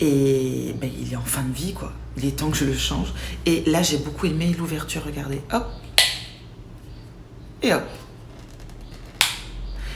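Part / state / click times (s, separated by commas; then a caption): drinking lid closure on a travel mug / seated / 9.2 s. Someone talks while showing the opening mechanism of the drinking lid on a new travel mug, with a sharp snap at about 6.0 s. The lid is then closed, and its small safety catch locks shut with a sharp click at 9.2 s, so the lid is seated.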